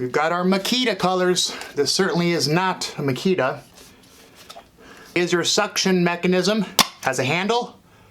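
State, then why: Not seated. A cheap vibrating suction cup for large tile installation is handled, with someone talking about its colors and the handle lever that works the suction. A brief faint tap is heard at 4.5 s during a pause in the talk. The handle lever has not locked yet, and nothing has seated or clicked.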